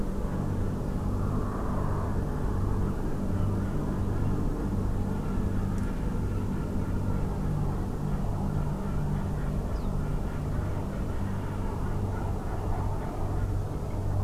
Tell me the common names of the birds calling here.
Ortolan Bunting